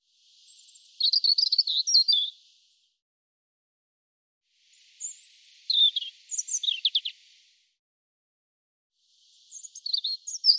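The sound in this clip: European robin song in short varied bursts: a warbled phrase, a long gap, then a phrase of high slurred whistles and sharp notes, and another starting near the end.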